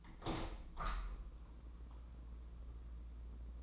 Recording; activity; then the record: daily activity, microphone in the room; open window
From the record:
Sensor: 1